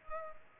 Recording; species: mosquito wingbeat signal from an infrared sensor; Culex pipiens